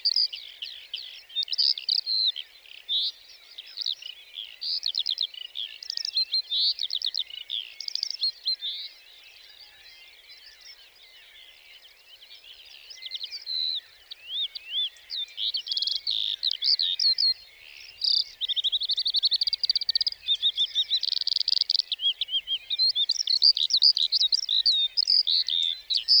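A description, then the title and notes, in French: A lark sings from its perch atop a bush before full daylight, a continuous stream of rapid, bright twittering and trills. The song runs dense, with a brief quieter stretch around 9 to 13 seconds, then resumes more intensely to the end. Plateau de Lesches en diois - Nagra seven - stéréo - cardio mkh40. Avant que le jour ne se lève totalement les alouettes commencent à chanter. Celle-ci ne s’envole pas de suite pour chanter dans les cieux mais reste perchée au sommet d'un buisson.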